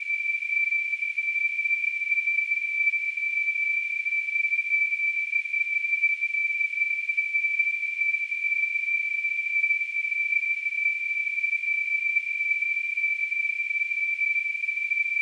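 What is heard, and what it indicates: Simulated tinnitus: a steady, high-pitched, narrow-band ringing tone centred around 2.4 kHz with a faint hiss above it, continuous and unchanging throughout.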